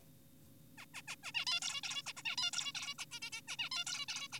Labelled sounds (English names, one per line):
Zebra Finch